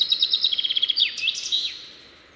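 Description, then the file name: Common chaffinch song ending: rapid repeated notes tumbling down the scale into a sweeping flourish, then fading to quiet hiss. "Fringilla coelebs"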